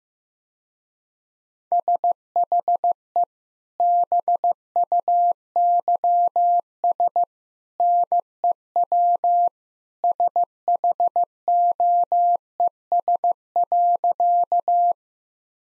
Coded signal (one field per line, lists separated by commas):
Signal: Morse code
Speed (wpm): 14 wpm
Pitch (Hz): 700 Hz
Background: none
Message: SHE BUYS NEW SHOES.